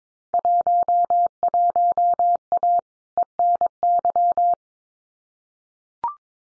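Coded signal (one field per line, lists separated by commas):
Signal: Morse code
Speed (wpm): 22 wpm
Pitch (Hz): 700 Hz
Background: none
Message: 11A ENY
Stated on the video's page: Morse code Field Day exchange head-copy drill at 22 wpm, with randomly selected exchanges each sent, spoken, then sent again.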